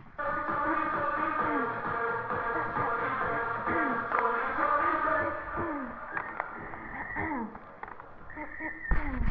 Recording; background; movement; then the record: throat clearing; music; sitting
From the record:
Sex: female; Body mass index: 18.8 kg/m2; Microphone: on the chest, facing the body